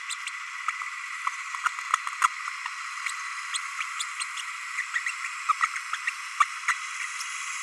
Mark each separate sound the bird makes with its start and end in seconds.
0.08-0.14, 0.26-0.30, 2.23-2.28, 3.99-4.04, 4.19-4.24, 4.36-4.42, 4.78-4.82, 5.06-5.11, 5.93-5.97, 6.07-6.11, 6.40-6.45, 6.67-6.73